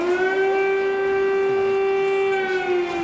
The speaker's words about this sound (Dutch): De Russen bestookten de stad met vliegtuigbommen. En ook nu klinkt er nog regelmatig een luchtalarm.